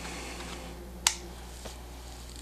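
After the card has been seated, the plastic card compartment door on a video camera is closed with one sharp snap at 1.1 s, leaving the door shut. A much fainter tick follows at 2.4 s over a steady low hum.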